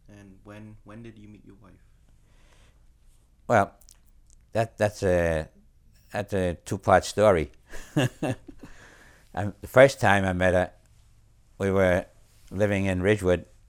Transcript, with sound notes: And when did you meet your wife?
Well, that's a two part story (he laughs) The first time I met her we were living in Ridgewood